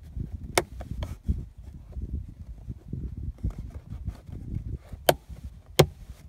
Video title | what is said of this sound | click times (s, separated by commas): Honda Ridgeline folding rear seat latch cable DIY fix | they need to slide under this piece and snap into place | 0.6 s, 5.1 s, 5.8 s